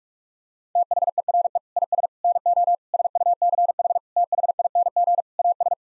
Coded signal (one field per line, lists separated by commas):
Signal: Morse code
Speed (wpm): 44 wpm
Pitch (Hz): 700 Hz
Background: none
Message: THERE IS NO SUCH THING AS